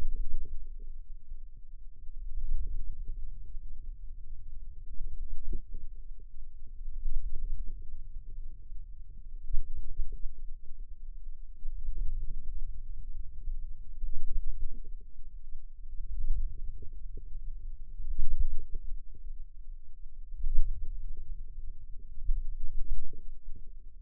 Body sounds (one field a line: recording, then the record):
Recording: forearm muscle sounds (acoustic myography)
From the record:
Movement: wrist extension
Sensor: system 2, bracelet of six BSWA MPA416 microphones around the upper forearm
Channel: 2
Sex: female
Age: 22 years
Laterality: right